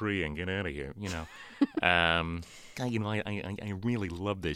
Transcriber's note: laughter